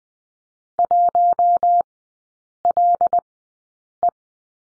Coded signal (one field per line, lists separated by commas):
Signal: Morse code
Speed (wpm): 19 wpm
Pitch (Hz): 700 Hz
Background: none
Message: 1LE